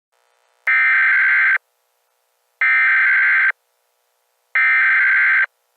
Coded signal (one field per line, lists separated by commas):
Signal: Emergency Alert System (SAME) tones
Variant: header bursts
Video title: EAS Scenario 1: The Pascagoula Plane Incident [Read Desc]